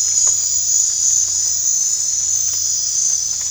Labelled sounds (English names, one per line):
none